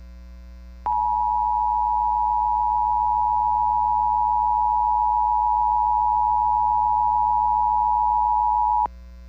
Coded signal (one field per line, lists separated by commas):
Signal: Emergency Alert System (SAME) tones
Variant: 853 and 960 Hz attention tone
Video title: (EAS #08) 2017 National Periodic Test on KGUM K57.